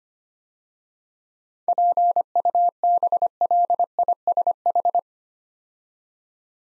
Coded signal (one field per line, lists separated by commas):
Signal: Morse code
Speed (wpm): 25 wpm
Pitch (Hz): 700 Hz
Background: none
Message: PUBLISH